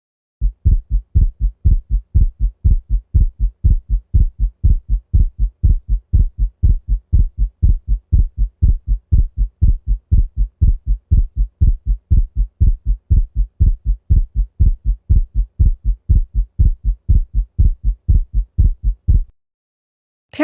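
Simulated regular heart sounds at 120 beats a minute with fixed splitting of the second sound, as heard in patients with atrial septal defect.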